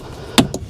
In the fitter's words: and then just follow it around until it all pops into place like that